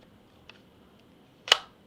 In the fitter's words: You can hear that positive snap into place.